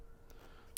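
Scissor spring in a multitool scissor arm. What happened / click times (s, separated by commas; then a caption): A small metal spring snapped into place / 0.8 s. A metal scissor spring that had been falling out is worked back into the scissor arm of a Leatherman Wingman multitool. After a faint, quiet handling noise and a soft tick near 0.3 seconds, a sharp, bright snap at 0.8 seconds marks the spring seating in place.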